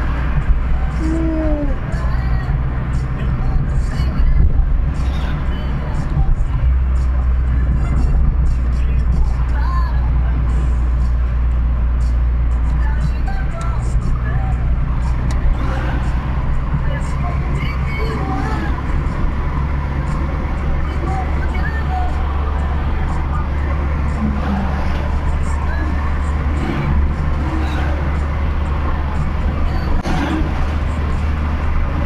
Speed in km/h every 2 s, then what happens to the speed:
56, 57, 59, 55, 55, 54, 53, 54, 60, 63, 64, 66, 66, 66, 68, 69.
0-13 steady at about 55. 13-18 speeds up to 63. 18-32 steady at about 66.